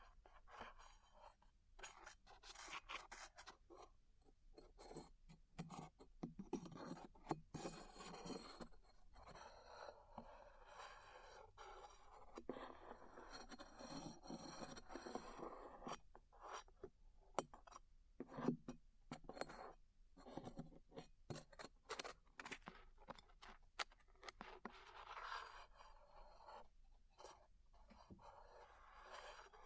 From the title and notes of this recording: ASMR Peeling Glue Off Your Ears (No Talking).